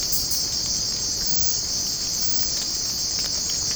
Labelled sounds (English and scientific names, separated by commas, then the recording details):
none
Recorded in secondary vegetation near Puerto Asís, Putumayo, Colombia, on 8 March 2025 at 05:00
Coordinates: 0.481, -76.318
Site G097